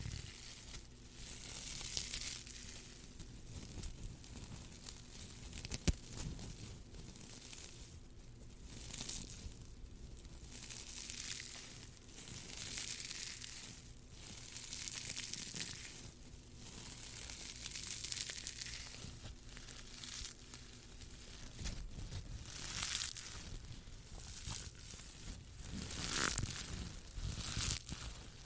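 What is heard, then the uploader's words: Lots of scratching and rough textures: hissy, crinkly scraping comes in repeated swells every few seconds, bright and dense at the top. A steady low hum runs underneath throughout, with a sharp click near six seconds and heavier, louder scrapes toward the end. Lots of scratching and rough textures.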